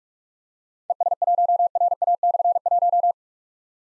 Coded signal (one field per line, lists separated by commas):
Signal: Morse code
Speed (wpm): 44 wpm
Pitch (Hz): 700 Hz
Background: none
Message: ES1RA/1